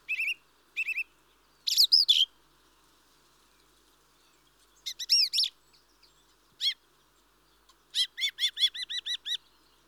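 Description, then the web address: Mistle thrush song: short, loud whistled phrases separated by pauses, ending in a quick run of repeated notes. "The BBC Sound Effects Library. Mistle Thrush (Turdus Viscivorus)"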